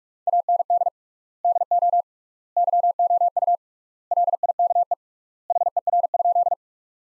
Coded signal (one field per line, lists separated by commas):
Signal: Morse code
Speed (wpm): 46 wpm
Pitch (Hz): 700 Hz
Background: none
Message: AND DO YOU LIKE HER?